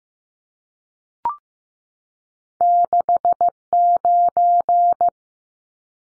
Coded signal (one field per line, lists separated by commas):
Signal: Morse code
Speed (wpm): 15 wpm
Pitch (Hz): 700 Hz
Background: none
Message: 69